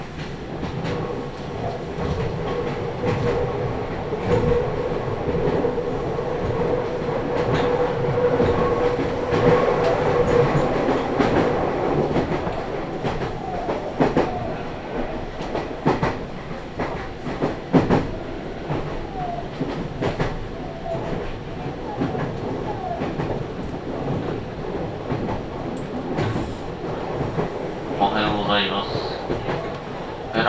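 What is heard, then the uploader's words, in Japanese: A Meitetsu Toyokawa Line limited express runs along, its wheels and motor giving a dense, steady rumble with repeated clicking rail joints. A sustained whine holds from about four to twelve seconds, and near twenty-eight seconds a rising, wavering tone sweeps briefly upward. 名古屋鉄道 豊川線 特急 豊川稲荷→国府。朝２本だけ走っている特急列車に乗ってみました。とはいえ各駅に停まって国府まで進むのでゆっくりです。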